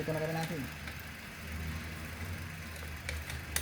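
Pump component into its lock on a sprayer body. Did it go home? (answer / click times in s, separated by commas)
yes / 3.6 s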